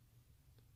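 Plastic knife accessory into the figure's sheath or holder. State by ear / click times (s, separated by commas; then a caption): not seated / none. A plastic knife accessory with a textured handle and silver blade is handled as it is brought toward its sheath or holder on the gear of a Sideshow Collectibles G.I. Joe Duke figure. Only a quiet low hum is heard, with a faint brief sound near 0.6 s. Nothing has seated or clicked yet.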